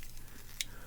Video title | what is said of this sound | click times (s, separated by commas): Day 16 Vlogmas Advent Holiday Calendar: McDonald's Discovery #Mindblown Hot Wheels Skate CoComelon | and it snaps into place into the the nub there | 0.6 s